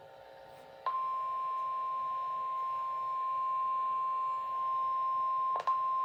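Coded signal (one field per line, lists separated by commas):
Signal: Emergency Alert System (SAME) tones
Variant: 1050 Hz attention tone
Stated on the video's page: Real flash flood warning issued by the National Weather Service for counties in southeastern Texas.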